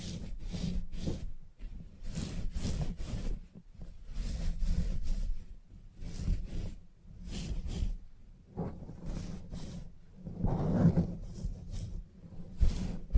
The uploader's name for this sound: Salon Haircut Head Massage, Scissors and Clipper